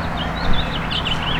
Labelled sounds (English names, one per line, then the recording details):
House Finch song
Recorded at West Islip on Long Island, New York, on 18 May 2013
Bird L